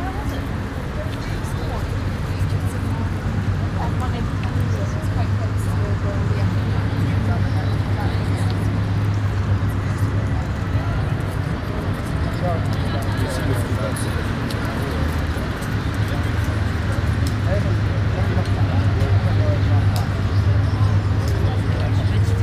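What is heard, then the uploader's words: Many people chat and laugh outdoors on an island in the Seine, a dense, steady crowd murmur with a low traffic rumble throughout. Leisure on Île saint Louis/Ontspanning op Île saint Louis Paris.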